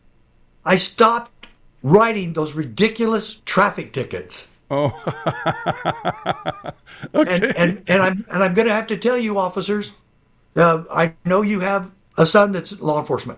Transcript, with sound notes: I stopped writing those ridiculous traffic tickets.
Oh. (laughs) Okay.
And, and, and I'm, and I'm gonna have to tell you, officers, uh, I know you have a son that's law enforcement.